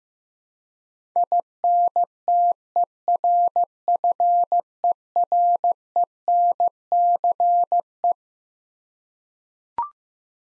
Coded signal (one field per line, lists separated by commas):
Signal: Morse code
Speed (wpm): 15 wpm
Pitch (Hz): 700 Hz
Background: none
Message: INTERFERENCE